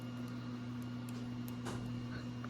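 The second plastic coupler half is lined up with the rope end it goes through on a Hasbro toy ring stand, with the rope held tight before it is pushed home. A steady low hum runs throughout, with faint short handling taps near 1.1 s, 1.5 s and 2.5 s. Nothing has seated or clicked yet.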